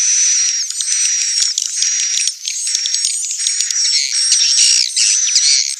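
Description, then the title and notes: Swiftlet calls in fast, high chirruping bursts overlaid with whistled notes, continuous and busy throughout. Swiftlet sound used for swiftlet farming in Asia. "Swiflet Bird Sound. Farming Swiflet Bird asia sound"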